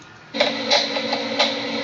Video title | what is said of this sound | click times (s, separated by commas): CNC Forensics On An End Users Plasma Controller Unboxing... | yeah this one is stripped out so i don't know i'll look at that later | 0.4 s